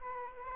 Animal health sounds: mosquito wingbeat signal from an infrared sensor; Aedes aegypti

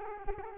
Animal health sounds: mosquito wingbeat signal from an infrared sensor; Culex quinquefasciatus

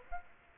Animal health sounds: mosquito wingbeat signal from an infrared sensor; Aedes aegypti

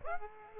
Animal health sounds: mosquito wingbeat signal from an infrared sensor; Aedes aegypti

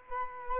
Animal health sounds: mosquito wingbeat signal from an infrared sensor; Culex quinquefasciatus

